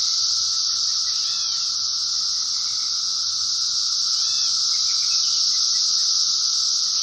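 Cicadas in a steady, unbroken high-pitched buzzing drone with a constant lower whine, plus a few faint arched chirping notes.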